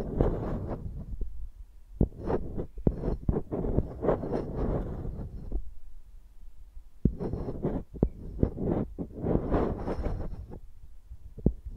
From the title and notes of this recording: Using Mics as Pencils (No Talking).